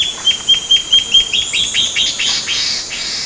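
Bird calls: a series of short, sharp high notes repeated about four times a second, then a busier run of squeaky chirps that fades out.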